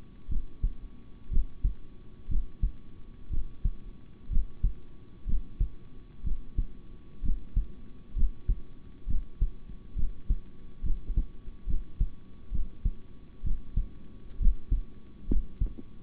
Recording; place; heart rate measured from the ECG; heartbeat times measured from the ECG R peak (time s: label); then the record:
heart sounds by stethoscope; between the tricuspid and mitral areas; 64 bpm
0.28 s: heartbeat
1.30 s: heartbeat
2.28 s: heartbeat
3.30 s: heartbeat
4.29 s: heartbeat
5.25 s: heartbeat
6.23 s: heartbeat
7.22 s: heartbeat
8.15 s: heartbeat
9.06 s: heartbeat
9.95 s: heartbeat
10.82 s: heartbeat
11.66 s: heartbeat
12.51 s: heartbeat
13.43 s: heartbeat
14.39 s: heartbeat
15.28 s: heartbeat
From the record:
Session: rest, sitting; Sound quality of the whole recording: good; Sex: male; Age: 26 years